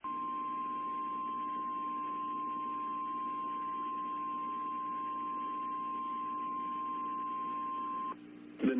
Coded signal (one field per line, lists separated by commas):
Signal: Emergency Alert System (SAME) tones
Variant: 1050 Hz attention tone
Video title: Menomonie WI Severe Thunderstorm Warning WXJ88 8 18 PM NOAA EAS 5 9 22